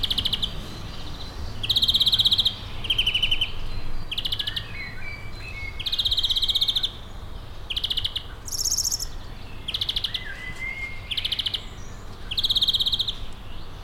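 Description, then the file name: European greenfinch calling repeatedly, a series of short rattling trills every second or two mixed with a few thin whistled notes, steady low rumble behind. "Chloris chloris"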